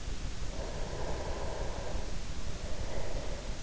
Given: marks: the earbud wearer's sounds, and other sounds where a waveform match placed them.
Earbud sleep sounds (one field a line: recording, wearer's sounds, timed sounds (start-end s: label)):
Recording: sounds in sleep by an in-ear microphone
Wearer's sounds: breath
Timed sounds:
0.38-3.63 s: breath